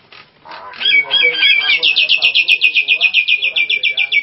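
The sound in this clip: Nias hill myna song opening with jumbled squeaky notes, then a rapid run of loud ringing notes, about four per second, holding steady then dipping slightly.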